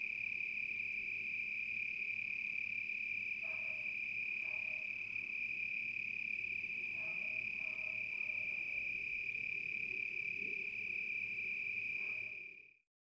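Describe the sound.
Cricket chirping in a steady, unbroken high-pitched trill that runs evenly for about twelve seconds, with faint lower chirps now and then beneath it, then fades.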